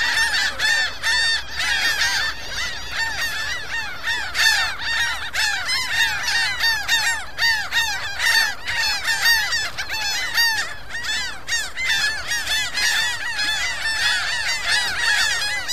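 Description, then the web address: Gulls calling in a dense chorus, many overlapping harsh, downslurred cries throughout. "seagulls"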